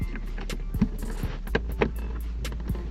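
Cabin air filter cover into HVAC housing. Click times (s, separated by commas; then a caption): 1.6 s, 1.8 s. On a 2017–2024 Honda CR-V, the plastic cabin air filter access cover is pushed back into the HVAC housing behind the glove box after the cabin air filter is reinstalled. Amid faint handling taps and a low background hum, two sharp snaps are heard at 1.6 s and 1.8 s as the cover locks in. The cover is seated.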